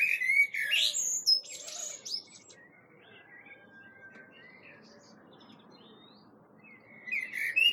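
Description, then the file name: Common blackbird giving a loud warble with harsh high twittering, a quiet stretch with faint notes, then song returning at the end. "Turdus merula"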